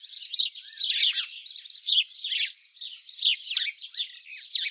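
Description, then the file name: House sparrow chirps in quick, uneven clusters, with brief dips between bursts. "Passer domesticus"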